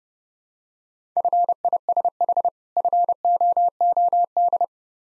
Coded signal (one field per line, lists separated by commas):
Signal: Morse code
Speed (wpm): 30 wpm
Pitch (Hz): 700 Hz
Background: none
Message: FISH FOOD